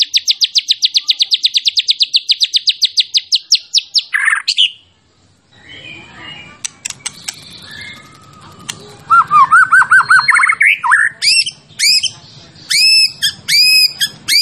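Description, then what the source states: White-rumped shama singing a rapid repeated trill, then a short gap with faint background hum, followed by looping whistles and repeated loud arched notes. Champion bird, used as song-training material (masteran) for other birds.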